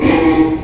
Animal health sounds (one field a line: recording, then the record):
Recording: squeal of a Yucatan mini pig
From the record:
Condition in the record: before surgery on the right vocal fold (resection and tissue-engineered implant)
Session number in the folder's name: 1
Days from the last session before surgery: -3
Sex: male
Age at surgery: 12 weeks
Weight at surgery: 13 kg